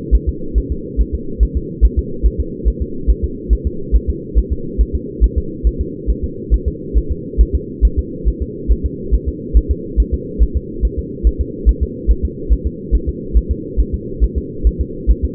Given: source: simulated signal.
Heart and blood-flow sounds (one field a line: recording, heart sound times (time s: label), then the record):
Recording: fetal heart sounds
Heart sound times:
0.15 s: S1
0.29 s: S2
0.58 s: S1
0.72 s: S2
1.01 s: S1
1.15 s: S2
1.43 s: S1
1.57 s: S2
1.85 s: S1
1.99 s: S2
2.26 s: S1
2.40 s: S2
2.68 s: S1
2.82 s: S2
3.10 s: S1
3.24 s: S2
3.53 s: S1
3.67 s: S2
3.96 s: S1
4.10 s: S2
4.38 s: S1
4.52 s: S2
4.81 s: S1
4.95 s: S2
5.24 s: S1
5.38 s: S2
5.67 s: S1
5.81 s: S2
6.10 s: S1
6.24 s: S2
6.54 s: S1
6.68 s: S2
6.97 s: S1
7.11 s: S2
7.41 s: S1
7.55 s: S2
7.85 s: S1
7.99 s: S2
8.28 s: S1
8.42 s: S2
8.72 s: S1
8.85 s: S2
9.14 s: S1
9.28 s: S2
9.57 s: S1
9.71 s: S2
10.00 s: S1
10.14 s: S2
10.43 s: S1
10.57 s: S2
10.85 s: S1
10.99 s: S2
11.27 s: S1
11.41 s: S2
11.69 s: S1
11.83 s: S2
12.11 s: S1
12.25 s: S2
12.53 s: S1
12.66 s: S2
12.95 s: S1
13.09 s: S2
13.37 s: S1
13.51 s: S2
13.80 s: S1
13.94 s: S2
14.24 s: S1
14.38 s: S2
14.67 s: S1
14.81 s: S2
15.11 s: S1
15.25 s: S2
From the record:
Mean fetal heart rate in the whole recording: 140 bpm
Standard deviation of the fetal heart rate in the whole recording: 2 bpm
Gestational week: 34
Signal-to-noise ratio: -4.3 dB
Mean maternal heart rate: 72 bpm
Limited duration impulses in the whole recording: absent